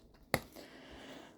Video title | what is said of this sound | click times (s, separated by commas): Reactivate Guys (#3) #transformers #transformersreactivate | for that side at least it clicks and it's one satisfying click | 0.3 s